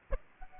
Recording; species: mosquito wingbeat signal from an infrared sensor; Aedes aegypti